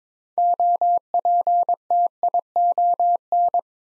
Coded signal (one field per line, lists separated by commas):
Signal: Morse code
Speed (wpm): 22 wpm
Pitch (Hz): 700 Hz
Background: none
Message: OPTION